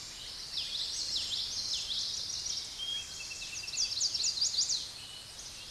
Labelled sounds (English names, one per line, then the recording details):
Common Yellowthroat song
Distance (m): 20 m
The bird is about level with the microphone
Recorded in a Pennsylvania forest on 16 May 2024 at 06:29
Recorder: AudioMoth, point MSD-2320
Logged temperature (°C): 12.8 °C
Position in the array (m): 231 m, 181 m